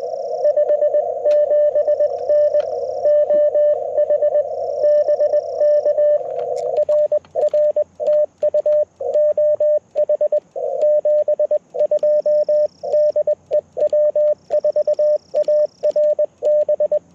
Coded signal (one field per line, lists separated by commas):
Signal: Morse code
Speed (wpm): 20 wpm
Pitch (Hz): 600 Hz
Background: radio noise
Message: 57N OH BK RR TU OH 72 DE W4ARB